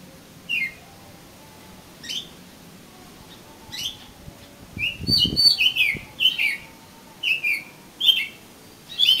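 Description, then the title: Oriental magpie-robin starting with soft, widely spaced notes, then a denser flurry of chirps and twittering whistles, with a low thud. "Kacer Kacer"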